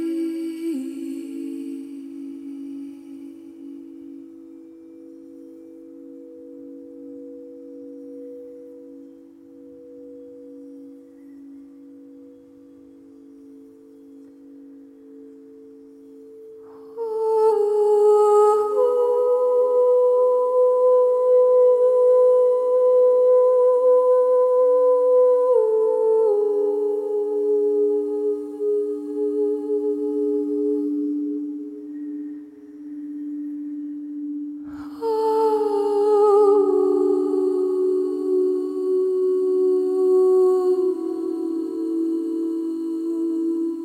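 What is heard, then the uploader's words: A sound bath of ringing bowls: a low steady tone hums and slowly fades through the first seventeen seconds. Fresh strikes arrive near 17, 26 and 35 seconds, each adding brighter layered tones that shimmer and decay into a sustained drone. Sound bath.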